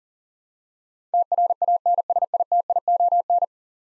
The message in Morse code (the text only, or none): TRANSITION